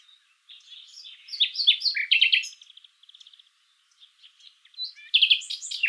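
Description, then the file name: Common nightingale song: varied chattering notes building to loud harsh bursts, a soft rapid trill, quiet notes, then another loud varied phrase. "Luscinia megarhynchos"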